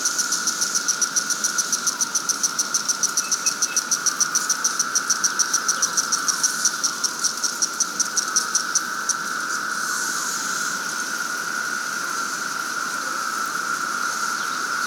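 Cicada singing: fast, rhythmic high pulsing over a steady buzzing drone, the pulses stopping after about nine seconds, leaving the continuous drone.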